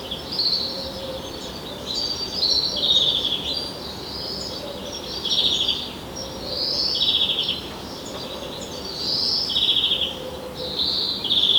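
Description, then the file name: European greenfinch twittering calls in repeated trilled bursts over background noise. "Chloris chloris"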